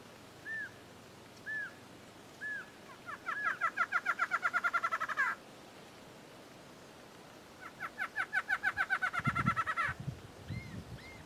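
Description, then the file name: Barred antshrike giving three spaced single notes, then two fast rattled series of nasal notes, each about two to two and a half seconds long, with a low rumble during the second series, and two more single notes at the end. "Canto do choca barrada"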